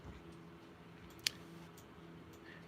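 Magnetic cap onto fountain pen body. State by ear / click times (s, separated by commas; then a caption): seated / 1.3 s. A magnetic cap is set onto the body of a Visconti Mirage fountain pen and seats into small indentations so it cannot spin. There is a single sharp click at 1.3 s over a quiet, steady background hum. The cap locks in place.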